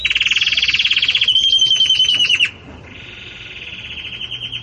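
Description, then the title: Belgian canary delivering rapid pulsed trills, loud at first, then changing pitch and fading into a softer, steady rolling trill. Belgian canary singing the 'campainha' (bell) song style, for tutoring young chicks. "Belíssimo Canto Do Canário Belga Campainha Para Encarte De Filhotes"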